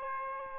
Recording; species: mosquito wingbeat signal from an infrared sensor; Aedes aegypti